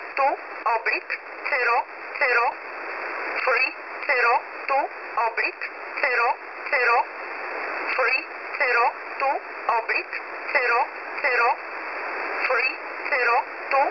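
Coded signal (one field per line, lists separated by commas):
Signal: numbers station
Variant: E11 Oblique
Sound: short, evenly spaced spoken words, likely numbers, over shortwave static in narrow voice bandwidth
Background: radio static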